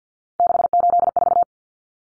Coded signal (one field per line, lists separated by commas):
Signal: Morse code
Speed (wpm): 50 wpm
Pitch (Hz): 700 Hz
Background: none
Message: 684